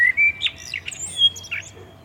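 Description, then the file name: Common blackbird with a brief fragment of song: a clear whistled note, then a few soft squeaky twitters. "Turdus merula"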